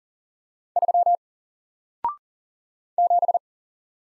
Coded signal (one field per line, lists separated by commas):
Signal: Morse code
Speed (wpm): 40 wpm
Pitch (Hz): 700 Hz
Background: none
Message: 3 7